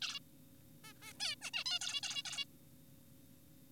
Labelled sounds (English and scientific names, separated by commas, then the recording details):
Zebra Finch (Taeniopygia guttata)
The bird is an adult
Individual g4p5U